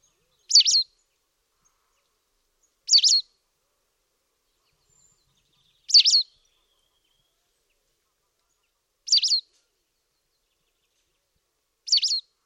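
White wagtail calls: five sharp, high two-part chirps, each a quick rising-falling 'chissick', spaced about every three seconds against silence.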